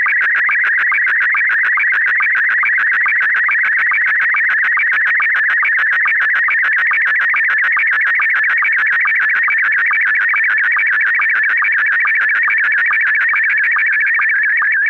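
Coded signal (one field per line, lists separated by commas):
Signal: SSTV (slow-scan television)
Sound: steady warbling, buzzing tone around 2 kHz, pulsing several times a second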